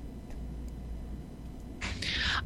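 After a quiet room hum, a short, sharp, hissing burst comes in two quick pulses near the end: a pet cat sneezing in the background, a plain sneeze with nothing else notable heard.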